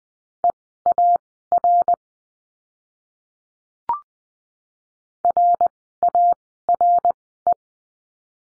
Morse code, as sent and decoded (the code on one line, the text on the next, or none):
. .- .-. / .-. .- .-. .
EAR RARE